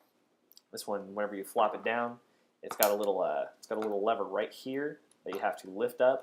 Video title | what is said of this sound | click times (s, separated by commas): JG Full metal m4 S-system review | uh this just goes up and down with these it snaps into place both ways this one um | 0.5 s, 0.6 s